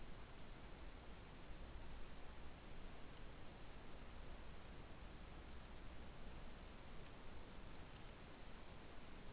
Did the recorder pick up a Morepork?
no